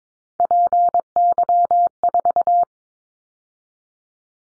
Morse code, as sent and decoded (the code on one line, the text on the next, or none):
.--. -.-- ....-
PY4